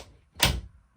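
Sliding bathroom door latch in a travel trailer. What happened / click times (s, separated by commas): The sliding door's latch caught and locked it open / 0.4 s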